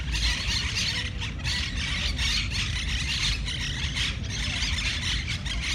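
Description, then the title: Monk parakeets squawking, harsh screechy calls overlapping continuously from several birds, with a steady low traffic rumble beneath. Several parakeets recorded in a city park in Barcelona, Spain, on 20 September 2019. "MONK-PARAKEETS-PARC-DE-LA-CIUTADELLA-BARCELONA-20-SEP-2019"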